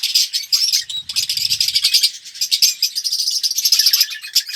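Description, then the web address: Red-rumped parrot song: busy, high chirping and quick trills in tight clusters, steady and lively, with a faint low rumble early on. "pevcii popugai. parrots psephotus-haematonotus"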